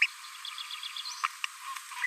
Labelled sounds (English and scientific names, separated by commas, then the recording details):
Green-rumped Parrotlet (Forpus passerinus) babbling
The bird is a female
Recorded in a nest box in Venezuela
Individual 17B42A2